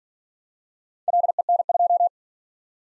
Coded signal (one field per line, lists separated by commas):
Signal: Morse code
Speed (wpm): 48 wpm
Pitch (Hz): 700 Hz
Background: none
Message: LEN2